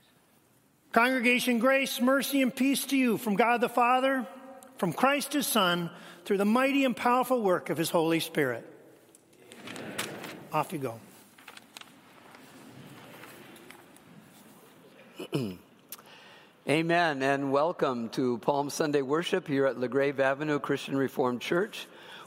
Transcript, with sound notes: Congregation, grace, mercy, and peace to you from God the Father, from Christ His Son, through the mighty and powerful work of His Holy Spirit.
Amen.
Off you go.
(clears throat) Amen. And welcome to Palm Sunday worship here at La Grave Avenue Christian Reformed Church.